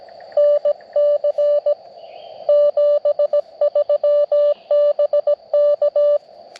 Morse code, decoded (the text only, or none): NC 73 BK